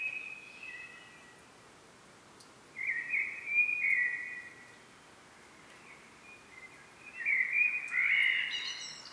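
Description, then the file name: Common blackbird: a few short warbled fluty phrases, the last ending in a higher squeaky twitter, with faint hiss between them. "Turdus merula"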